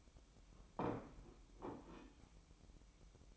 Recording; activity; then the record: daily activity, microphone in the room; place plate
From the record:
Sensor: 1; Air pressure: 1007.5 hPa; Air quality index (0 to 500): 76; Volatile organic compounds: 1 ppm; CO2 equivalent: 665 ppm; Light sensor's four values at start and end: 7/18/7/8 and 8/18/7/8